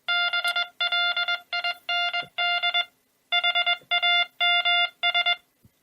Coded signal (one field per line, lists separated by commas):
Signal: Morse code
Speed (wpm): 21 wpm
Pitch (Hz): 1400 Hz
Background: music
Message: BLIND HAMS